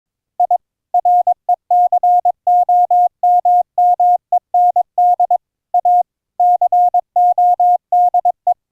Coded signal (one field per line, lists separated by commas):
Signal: Morse code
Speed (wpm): 22 wpm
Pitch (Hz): 710 Hz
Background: none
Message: I RECOMMEND A CODE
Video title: encoding Morse Code CW AUDIO with the Gstreamer ADPCM Audio Codec - LIVE demo - CW "audio OVER ip"